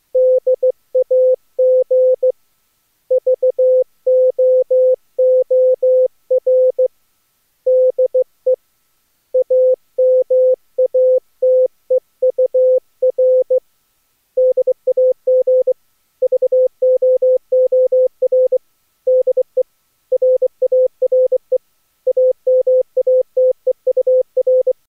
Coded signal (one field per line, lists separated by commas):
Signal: Morse code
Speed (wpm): 22 wpm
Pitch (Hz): 510 Hz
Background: none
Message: DAG VOOR DE AMATEUR DAG VOOR DE RARE AMATEUR